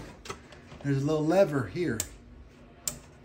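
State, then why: Released. Someone talks while flipping the small lever on an SFP transceiver module seated in a router/gateway port, unlatching it so it can be pulled out of the old unit's port. A sharp click sounds at 2.9 s as the lever releases the module.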